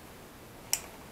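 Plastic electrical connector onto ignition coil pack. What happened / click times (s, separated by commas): The connector clicked home / 0.7 s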